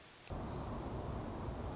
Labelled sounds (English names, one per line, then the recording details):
Orange-crowned Warbler
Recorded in Sonoma County, California